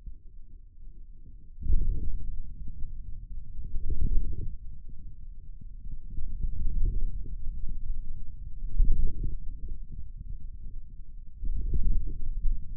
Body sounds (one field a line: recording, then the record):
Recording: forearm muscle sounds (acoustic myography)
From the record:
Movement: wrist flexion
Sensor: system 2, bracelet of six BSWA MPA416 microphones around the upper forearm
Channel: 6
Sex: male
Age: 22 years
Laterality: right